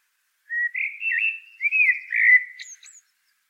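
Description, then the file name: Common blackbird song: one long, flowing phrase of rich fluted whistles that closes with a few thin, high squeaks. "Turdus merula"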